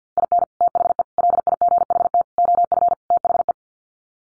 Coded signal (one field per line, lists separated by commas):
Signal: Morse code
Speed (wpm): 50 wpm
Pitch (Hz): 700 Hz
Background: none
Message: IN THE LIGHT OF THE